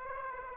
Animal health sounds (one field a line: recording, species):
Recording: mosquito wingbeat signal from an infrared sensor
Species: Aedes aegypti